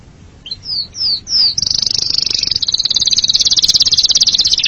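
Canary giving three short, descending whistled slurs, then launching into a bright, rapid high trill that continues to the end.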